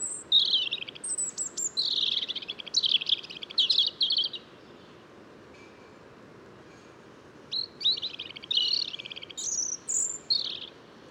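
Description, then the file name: European robin singing two separate phrases of high liquid warbles, descending whistles and trills, split by a quiet gap of about three seconds. "Erithacus rubecula"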